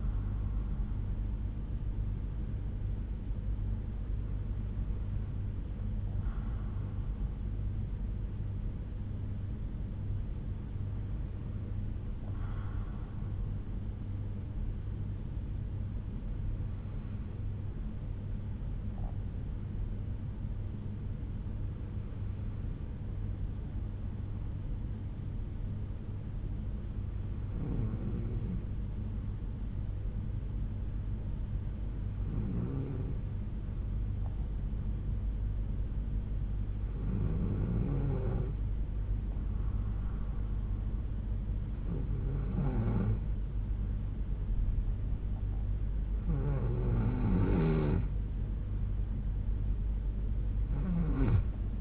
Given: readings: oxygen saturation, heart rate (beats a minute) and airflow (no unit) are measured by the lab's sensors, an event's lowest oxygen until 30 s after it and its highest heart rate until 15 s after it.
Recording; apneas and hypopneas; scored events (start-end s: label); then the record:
breathing in sleep by a smartphone at the bedside; 1
8.00-47.10 s: hypopnea (N2, oxygen 96% highest, then 92% lowest, heart rate 62 at the start, 70 highest)
44.00-51.81 s: new sleep stage, N1 (lightest sleep)
From the record:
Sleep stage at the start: N2 (light sleep); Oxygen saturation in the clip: 90 to 96%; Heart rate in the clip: 59 to 66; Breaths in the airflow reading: 9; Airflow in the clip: -3.7 to 8.1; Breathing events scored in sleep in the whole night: 368 in 8.0 hours asleep